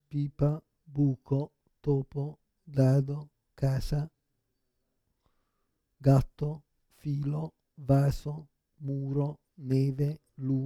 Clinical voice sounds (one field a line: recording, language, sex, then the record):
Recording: read list of words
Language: Italian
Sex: male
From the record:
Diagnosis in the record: Parkinson's disease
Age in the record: 56 years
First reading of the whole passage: 87 s, 6.0 characters per second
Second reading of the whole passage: 67 s, 7.8 characters per second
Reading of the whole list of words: 59 s, 4.8 characters per second